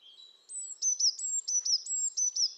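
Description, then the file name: Eurasian blue tit calling a rapid, even series of high, thin downslurred notes that continues steadily to the end. "Cyanistes caeruleus"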